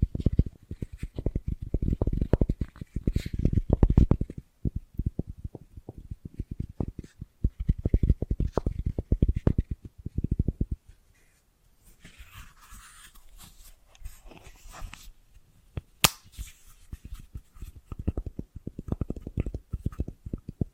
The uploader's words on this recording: ASMR Sensitive & Sleepy Triggers Bracelets and Jewelry Boxes (No Talking).